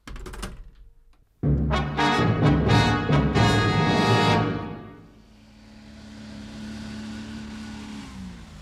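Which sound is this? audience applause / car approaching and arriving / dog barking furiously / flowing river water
car approaching and arriving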